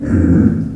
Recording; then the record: squeal of a Yucatan mini pig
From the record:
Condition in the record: after surgery on the right vocal fold (resection and tissue-engineered implant); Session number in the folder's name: 7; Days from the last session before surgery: 47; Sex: female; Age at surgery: 19 weeks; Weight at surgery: 25 kg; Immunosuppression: prednisolone